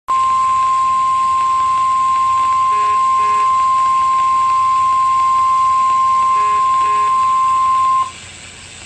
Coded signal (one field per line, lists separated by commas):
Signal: Emergency Alert System (SAME) tones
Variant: 1050 Hz attention tone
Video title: Severe Thunderstorm Warning in NW Kansas | EAS - NOAA Weather Radio (5/18/2013)